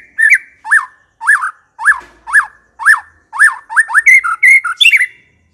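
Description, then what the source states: White-rumped shama song: a looping whistled note repeated about nine times, evenly spaced, ending in brief trills and a flourish. Long-duration lure (pikat) used to attract birds.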